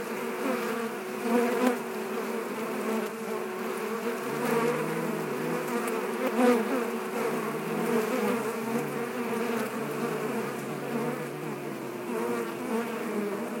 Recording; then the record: honeybee colony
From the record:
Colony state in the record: active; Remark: normal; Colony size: 10,000 bees